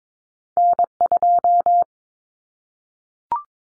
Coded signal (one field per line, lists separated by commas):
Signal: Morse code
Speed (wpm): 22 wpm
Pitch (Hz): 700 Hz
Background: none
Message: N2